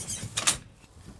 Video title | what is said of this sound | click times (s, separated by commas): Retrax EQ Retractable Hard Tonneau Cover Chevy Silverado Install | until it clicks into these two side pieces | 0.4 s, 0.5 s